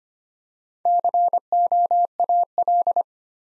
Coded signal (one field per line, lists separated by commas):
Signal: Morse code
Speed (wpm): 25 wpm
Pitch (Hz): 700 Hz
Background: none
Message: COAL